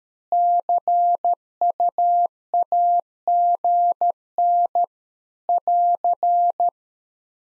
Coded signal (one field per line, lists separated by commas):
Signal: Morse code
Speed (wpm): 13 wpm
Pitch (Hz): 700 Hz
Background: none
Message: CU AGN <AR>